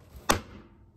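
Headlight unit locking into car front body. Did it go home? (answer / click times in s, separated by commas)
yes / 0.3 s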